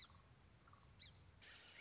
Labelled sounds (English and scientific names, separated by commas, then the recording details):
Song Sparrow (Melospiza melodia)
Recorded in Sonoma County, California